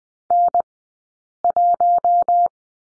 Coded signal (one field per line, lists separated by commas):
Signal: Morse code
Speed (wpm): 20 wpm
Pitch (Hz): 700 Hz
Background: none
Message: N 1